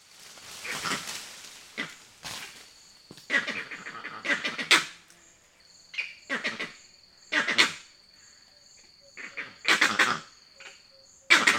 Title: Vervet monkey sounds